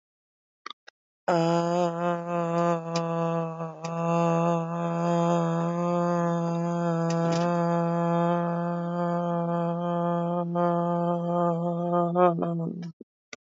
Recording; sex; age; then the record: vowel held as long as possible; female; 20 to 29 years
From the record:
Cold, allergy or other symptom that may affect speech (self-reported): no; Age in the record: 29 years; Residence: Oklahoma, United States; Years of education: 16